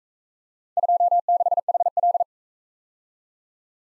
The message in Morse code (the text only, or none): 26HL